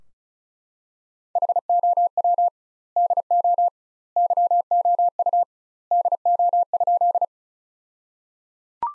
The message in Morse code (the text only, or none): HOW DO YOU DO?